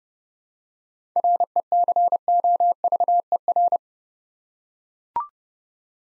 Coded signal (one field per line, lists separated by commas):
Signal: Morse code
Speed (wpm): 30 wpm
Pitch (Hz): 700 Hz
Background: none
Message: RECOVER